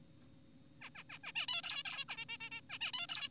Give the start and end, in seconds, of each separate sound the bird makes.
0.82-0.90, 0.95-1.04, 1.10-1.18, 1.24-1.32, 1.36-1.46, 1.48-1.62, 1.64-1.83, 1.85-2.05, 2.09-2.25, 2.29-2.38, 2.40-2.50, 2.52-2.61, 2.70-2.78, 2.81-2.92, 2.94-3.07, 3.09-3.29